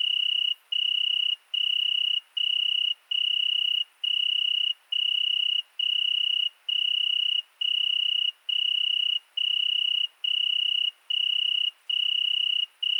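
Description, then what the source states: Italian tree cricket singing a steady, melodious trill in a long regular series of notes just under a second each, separated by brief gaps. Singing at night, 22:30 on 13 August 2020, in the Virginia creeper under a window at Fourcinet ValMaravel, present for two nights; recorded on a Nagra Seven with MKH40 cardioid microphone.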